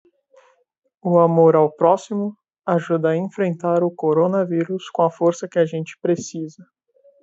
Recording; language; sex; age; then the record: spoken sentence; Brazilian Portuguese; male; 20 to 29 years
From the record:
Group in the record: control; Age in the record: 24 years